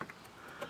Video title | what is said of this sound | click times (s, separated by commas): How to Install HIDs and Change the Headlights for a Mercedes-Benz - E-Class (w211) | You're going to hear that little click, and then you're just going to | 0.0 s, 0.1 s